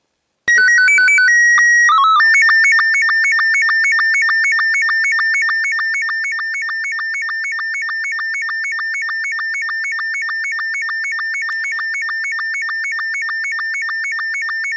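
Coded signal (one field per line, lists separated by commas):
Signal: SSTV (slow-scan television)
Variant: Robot 72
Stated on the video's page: SSTV image signal received via moonbounce (earth-moon-earth) reflection.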